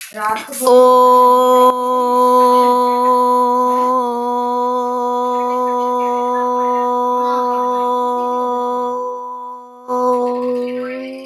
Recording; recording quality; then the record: sustained vowel as in boot; excellent, no background noise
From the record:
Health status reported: recovered from COVID-19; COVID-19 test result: negative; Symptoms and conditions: none ticked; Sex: female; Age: 21 years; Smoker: not ticked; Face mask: not worn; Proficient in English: yes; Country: India